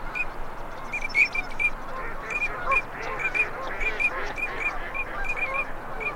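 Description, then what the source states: Ducks uttering bright clipped whistles in a quick series, over softer nasal quacking and continuous hiss. Male and female migratory ducks.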